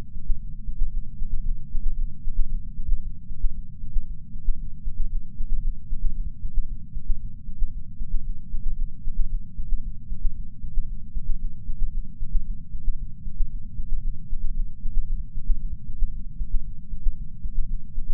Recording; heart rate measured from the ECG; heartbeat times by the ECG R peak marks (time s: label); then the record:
heart sounds by patch sensor on the chest; 115 bpm
0.35 s: heartbeat
0.88 s: heartbeat
1.40 s: heartbeat
1.93 s: heartbeat
2.46 s: heartbeat
2.98 s: heartbeat
3.50 s: heartbeat
4.02 s: heartbeat
4.54 s: heartbeat
5.06 s: heartbeat
5.59 s: heartbeat
6.11 s: heartbeat
6.63 s: heartbeat
7.15 s: heartbeat
7.68 s: heartbeat
8.20 s: heartbeat
8.73 s: heartbeat
9.26 s: heartbeat
9.78 s: heartbeat
10.31 s: heartbeat
10.83 s: heartbeat
11.36 s: heartbeat
11.88 s: heartbeat
12.41 s: heartbeat
12.94 s: heartbeat
13.46 s: heartbeat
13.99 s: heartbeat
14.51 s: heartbeat
15.03 s: heartbeat
15.56 s: heartbeat
16.08 s: heartbeat
16.60 s: heartbeat
17.12 s: heartbeat
17.64 s: heartbeat
From the record:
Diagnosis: coronary artery disease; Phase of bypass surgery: intraoperative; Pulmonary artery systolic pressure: 19 mmHg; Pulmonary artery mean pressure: 14 mmHg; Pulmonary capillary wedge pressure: 9 mmHg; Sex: female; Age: 71 years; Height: 150 cm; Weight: 59 kg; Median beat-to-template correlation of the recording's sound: 0.94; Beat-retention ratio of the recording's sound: 0.98